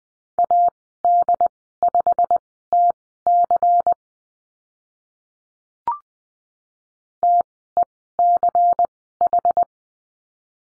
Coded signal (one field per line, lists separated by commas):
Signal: Morse code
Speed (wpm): 20 wpm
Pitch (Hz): 700 Hz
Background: none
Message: AD5TC TECH